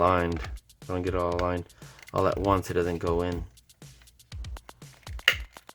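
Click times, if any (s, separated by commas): 5.3 s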